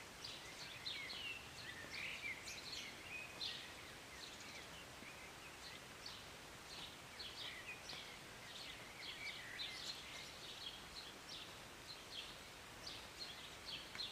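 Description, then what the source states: Birds singing and chirping, a dense overlapping chatter of high notes and trills from several birds, with constant rain hiss underneath. Birds singing and chirping on a rainy Sunday morning, heard from a city balcony; short rain.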